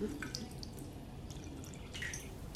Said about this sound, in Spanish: De aquí no me saca nadie. Estoy todo enjabonado y apenas llega un hilo de agua.